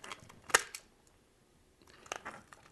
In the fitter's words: That is the little click that we are really looking for.